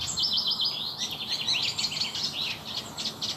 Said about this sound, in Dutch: hoort in haar moestuin in Laren, Gelderland, een kleine karikiet in samenzang met een gekraagde roodstaart. En een haan.